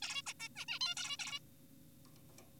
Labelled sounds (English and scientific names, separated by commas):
Zebra Finch (Taeniopygia guttata)